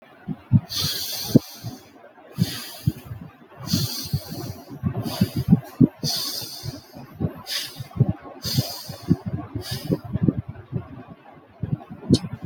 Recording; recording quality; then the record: deep breathing; moderate, slight background noise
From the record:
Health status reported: healthy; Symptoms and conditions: none ticked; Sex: male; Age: 20 years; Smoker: not ticked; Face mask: not worn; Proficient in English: yes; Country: India